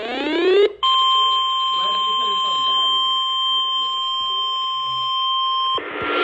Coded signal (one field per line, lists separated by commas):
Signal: Emergency Alert System (SAME) tones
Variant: 1050 Hz attention tone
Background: speech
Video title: TORNADO WARNING FOR BIENVILLE!! EAS ALERTS FROM 4/15/2023! [EAS #1430 - #1495]